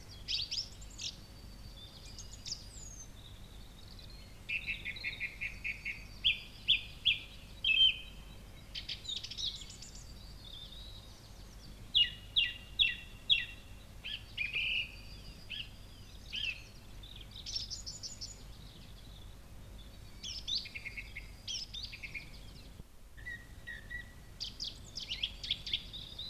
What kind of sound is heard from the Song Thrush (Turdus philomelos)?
song